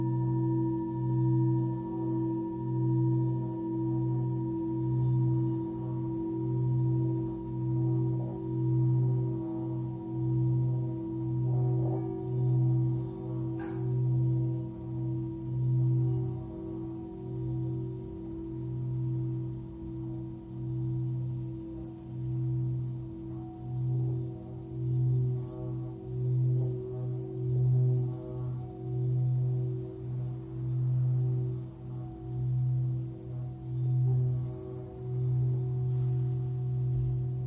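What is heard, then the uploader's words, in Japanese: A Tibetan singing bowl rings steadily throughout, its low hum pulsing in a slow, regular wobble that beats a few times a second. Higher overtones hang above the drone, and a couple of light taps or touches come through around twelve and fourteen seconds. チベタンシンギングボウルサウンドヒーリング。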